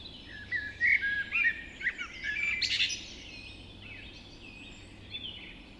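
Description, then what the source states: Birds (dawn chorus): many birds singing together at dawn, tumbling whistles and sharp chirps in a busy burst, then thinning to softer notes. Dawn chorus recorded just after dawn in the Forest of Dean.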